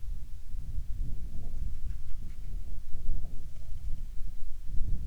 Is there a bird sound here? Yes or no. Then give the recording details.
no. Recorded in the Arctic National Wildlife Refuge, Alaska, on 10 July 2019 at 18:29. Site 44